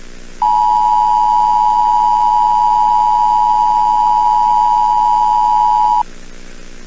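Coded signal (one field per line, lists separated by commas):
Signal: Emergency Alert System (SAME) tones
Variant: 853 and 960 Hz attention tone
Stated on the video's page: Fictional EAS scenario movie, made purely for entertainment.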